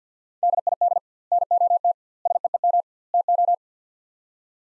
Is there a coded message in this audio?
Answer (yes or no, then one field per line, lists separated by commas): yes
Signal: Morse code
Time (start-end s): 0.4-3.5 s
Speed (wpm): 50 wpm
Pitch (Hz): 700 Hz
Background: none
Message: DID NOT SEEM TO